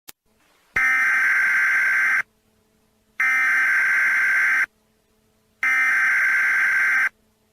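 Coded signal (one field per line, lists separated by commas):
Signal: Emergency Alert System (SAME) tones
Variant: header bursts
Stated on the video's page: Fictional zombie apocalypse EAS alert made for a game setting.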